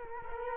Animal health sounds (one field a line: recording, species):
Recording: mosquito wingbeat signal from an infrared sensor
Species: Culex quinquefasciatus